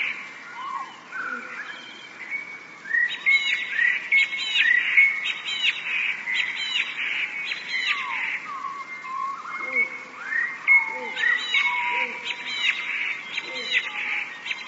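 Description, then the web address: Eurasian blue tit song: bursts of high, bright chirping notes with a thin sustained whistle, notes clustered in quick runs, with softer lower chirps in between. "wroblowe teka 2 spiew. wroblowe teka modraszkoteka"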